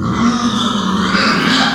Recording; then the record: squeal of a Yucatan mini pig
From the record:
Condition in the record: after surgery on the right vocal fold (resection and tissue-engineered implant); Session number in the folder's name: 14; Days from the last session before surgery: 133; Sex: female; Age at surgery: 19 weeks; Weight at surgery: 25 kg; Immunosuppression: prednisolone